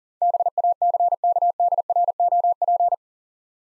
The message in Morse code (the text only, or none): BACKDROP